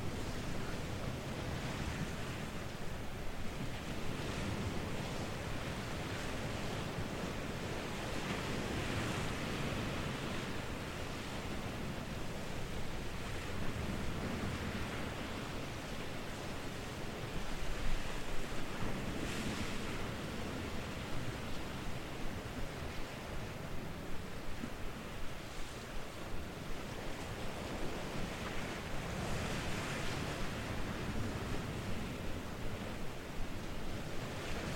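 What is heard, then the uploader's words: Waves pound a rocky headland in a continuous, dense roar of surf with gusting wind. The wash swells and ebbs without pause, with a stronger crash around eighteen seconds and brighter surges near twenty and thirty seconds. The thrilling sounds when waves meet a rocky headland. Besieged by gales and restless sea, a rocky peninsula holds firm on the northern Anglesey coast. Recorded and presented by Fergus Collins.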